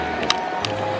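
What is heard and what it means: A ring fitting on camping cookware is pushed until it clicks into place during camp cooking, with music playing underneath. A sharp click sounds at 0.3 s, followed by a quieter tick at 0.6 s. The ring is seated.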